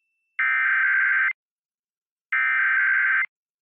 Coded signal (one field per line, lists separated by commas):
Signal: Emergency Alert System (SAME) tones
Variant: header bursts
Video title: Two Days Before Fireworks Tests (EAS #20044-20055) 7/2/24